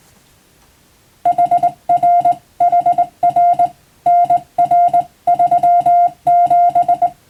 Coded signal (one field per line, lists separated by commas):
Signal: Morse code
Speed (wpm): 20 wpm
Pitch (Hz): 700 Hz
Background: music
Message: HR HR NR 37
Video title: モールスの国家試験の練習風景！スマホの今でも電気通信術の実技試験があります！通信技術の原点！アマチュア無線の受信練習にもどうぞ(morse code practice radio operator )